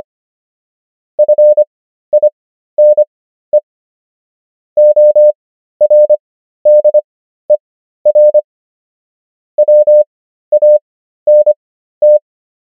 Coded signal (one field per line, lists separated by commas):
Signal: Morse code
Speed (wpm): 25 wpm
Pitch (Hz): 600 Hz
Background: none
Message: FINE ORDER WANT